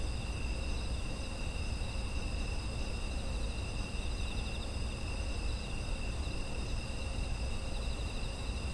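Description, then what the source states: Insect chorus of unbroken shrill trills at several pitches, some pulsing faintly, above a steady low-pitched background hum. Autumn insect ambience.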